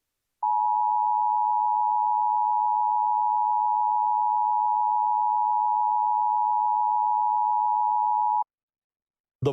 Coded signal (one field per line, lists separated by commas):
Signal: Emergency Alert System (SAME) tones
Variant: 853 and 960 Hz attention tone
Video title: KC Presents - EAS Scenario #6: Lost in Silence - A Non-Nuclear Situation